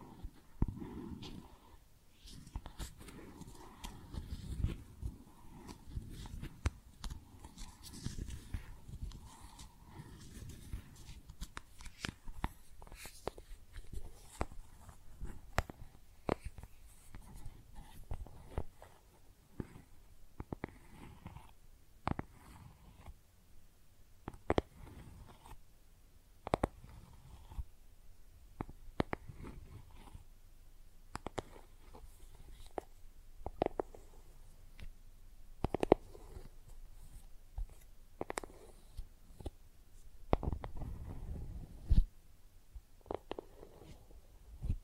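Makeup being tapped and scratched, with sharp clicks and taps landing irregularly through the whole stretch, sometimes in quick clusters. Soft scratchy rubbing fills the gaps, and low, muffled rumbling swells appear near the start and again around forty seconds.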